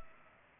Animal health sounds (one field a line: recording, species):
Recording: mosquito wingbeat signal from an infrared sensor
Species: Culex pipiens